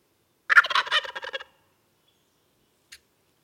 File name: Meleagris gallopavo - Wild Turkey